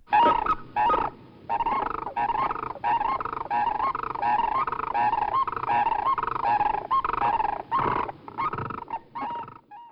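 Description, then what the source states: Sandhill cranes in a large flock, many rolling, rattling bugles overlapping into a continuous chorus with brief gaps. Calls described as yodeling and trumpeting; often heard before seen.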